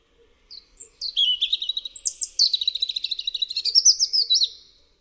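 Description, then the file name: European robin delivering one long liquid phrase, starting with thin high notes then a fast tumbling run of varied twittering trills. "RUDZIK"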